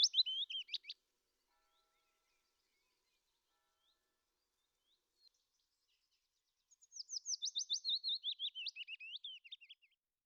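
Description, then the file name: Willow warbler song: a brief whistled ending at the start, silence, then a full soft descending phrase of sweet notes lasting about three seconds. "fitis"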